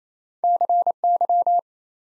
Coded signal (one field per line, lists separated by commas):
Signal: Morse code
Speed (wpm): 28 wpm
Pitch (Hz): 700 Hz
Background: none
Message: CY